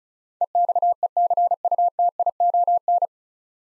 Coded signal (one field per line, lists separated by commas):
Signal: Morse code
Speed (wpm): 34 wpm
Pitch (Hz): 700 Hz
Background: none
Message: EXECUTION